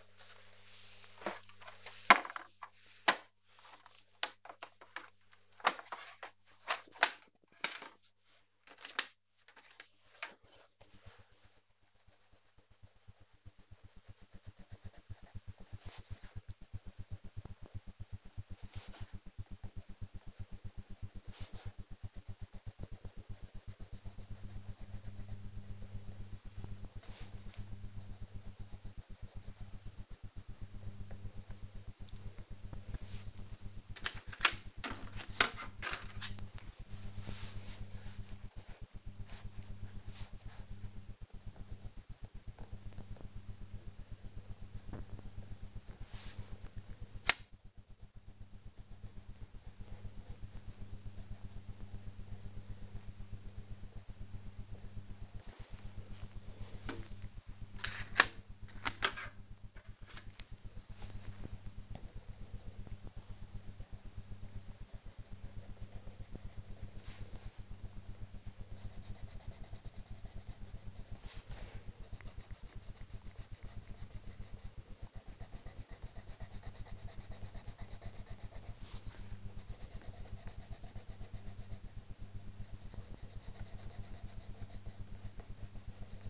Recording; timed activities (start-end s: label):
household activities, microphone on the right wrist
0.00-86.30 s: drawing